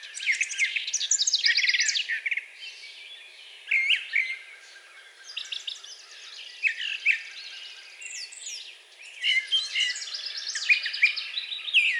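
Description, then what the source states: Brown thrasher singing varied chattering and whistled phrases, some doubled, in bursts with short gaps between them. Recorded on 4 June 2020.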